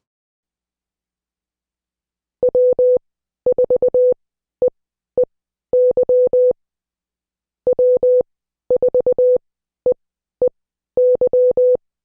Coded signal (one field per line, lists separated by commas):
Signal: Morse code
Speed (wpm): 20 wpm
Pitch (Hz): 500 Hz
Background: none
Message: W4EEY W4EEY